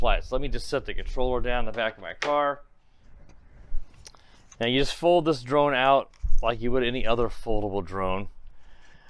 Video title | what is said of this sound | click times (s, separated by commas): 4DRC 4D-V4 Richie (Only 100g) Optical Flow Position Hold 4K Drone Review | but the arms don't really snap into place which is a bit unfortunate you can see look at this arm almost wants to sag | none